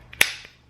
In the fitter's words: it pops into place.